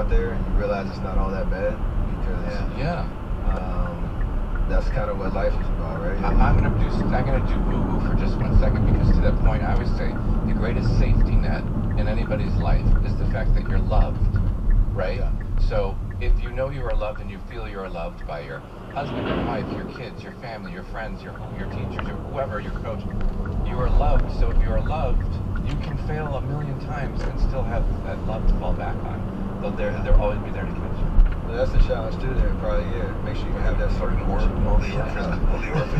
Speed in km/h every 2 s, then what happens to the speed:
69, 69, 69, 66, 61, 52, 39, 29, 19, 10, 8, 21, 32, 45, 56, 61, 68, 74.
0-7 steady at about 69. 7-20 brakes to 8. 20-36 speeds up to 74.